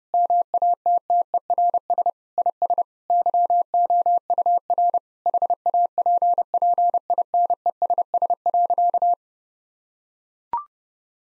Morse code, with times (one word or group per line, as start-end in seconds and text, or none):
0.1-2.1 MATTERS
2.4-2.8 IS
3.1-5.0 YOUR
5.3-9.1 HAPPINESS.